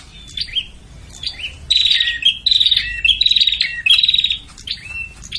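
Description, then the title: Prinia calls: a few thin downslurred notes, then a run of rapid buzzy rattles in close succession, ending in scattered chips. Busy, noisy prinia calling used as a lure to attract prinias, including the red-headed prinia and visiting (tamu) prinias. "Suara Prenjak Ribut Buat Pikat Burung Prenjak Kepala Merah Prenjak Tamu"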